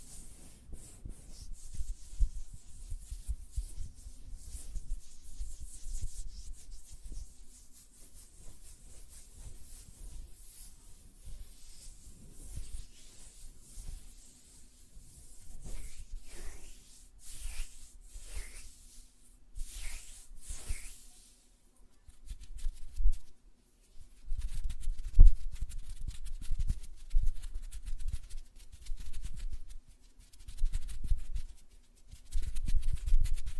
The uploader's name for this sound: Tapping on Nails, Finger Fluttering, Hand Sounds